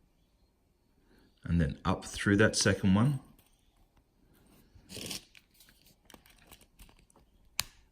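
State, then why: Seated. Someone talks while a split steel jump ring is worked into a chainmail section with pliers, with a few small metallic handling ticks in between. The ring's two cut ends are brought together and click shut with a sharp snap at 7.6 s, a sign of a nice tight finish.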